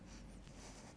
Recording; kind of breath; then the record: one breath in and out by a microphone near the nose and mouth; strong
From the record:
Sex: male